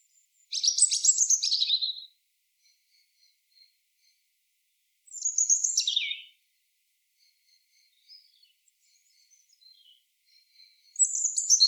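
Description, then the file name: European robin song: high, thin warbled phrases sliding downward, separated by pauses of several seconds with a few faint notes between. "Erithacus rubecula"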